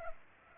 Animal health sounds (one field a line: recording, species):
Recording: mosquito wingbeat signal from an infrared sensor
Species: Culex pipiens